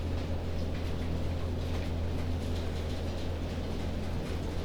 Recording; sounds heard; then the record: poultry house recording; no chicken sound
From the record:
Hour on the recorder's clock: 20